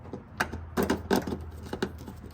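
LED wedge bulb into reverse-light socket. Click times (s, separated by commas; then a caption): 0.4 s. A new Lasfit push-in LED wedge bulb is pressed into the plastic bulb socket of a Ford Maverick tail-light reverse-light assembly, and it snaps in with a sharp click at 0.4 s. A few softer clicks and handling taps follow over the low background hum, and the bulb is seated.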